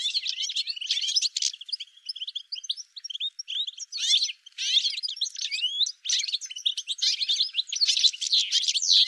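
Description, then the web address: Bird chirping calls, a dense run of quick high twittering notes and short sweeps in bursts with brief gaps, heard with nothing underneath. "cianscape birddata Deverinetal 2025 File cleaned normalized Bird"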